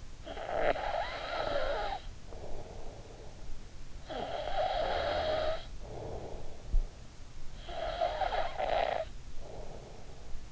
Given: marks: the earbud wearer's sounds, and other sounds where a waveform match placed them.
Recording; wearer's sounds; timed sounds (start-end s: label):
sounds in sleep by an in-ear microphone; snoring breath
0.00-3.57 s: snoring breath
3.77-7.06 s: snoring breath
7.26-10.51 s: snoring breath